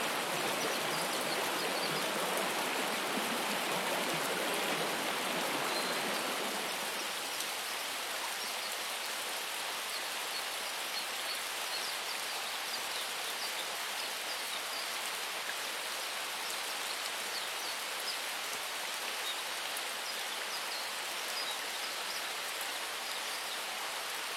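Rain and flowing water hiss densely and steadily; a fuller, lower rush fills the first six seconds, then thins to a lighter, brighter patter.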